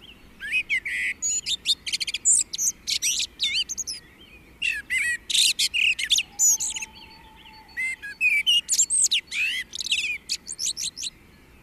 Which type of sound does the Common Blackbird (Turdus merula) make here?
song